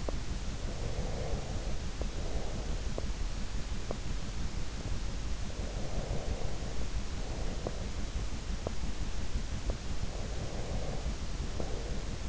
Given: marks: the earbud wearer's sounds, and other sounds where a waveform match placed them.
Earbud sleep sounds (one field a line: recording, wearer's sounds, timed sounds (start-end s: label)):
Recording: sounds in sleep by an in-ear microphone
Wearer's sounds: teeth grinding, breath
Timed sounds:
0.00-0.30 s: teeth grinding
0.62-3.30 s: breath
1.99-2.14 s: teeth grinding
2.96-3.12 s: teeth grinding
3.83-4.00 s: teeth grinding
5.30-8.05 s: breath
8.50-8.79 s: teeth grinding
9.59-9.74 s: teeth grinding
9.99-12.29 s: breath